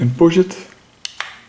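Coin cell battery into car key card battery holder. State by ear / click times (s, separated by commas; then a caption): seated / 1.0 s, 1.2 s. Someone talks as a new coin cell battery, held with cotton so it isn't touched with bare fingers, is pushed into the plastic battery holder of a Renault Clio 4 car key card. Two sharp clicks follow at about 1.1 and 1.2 seconds as the battery clicks into place.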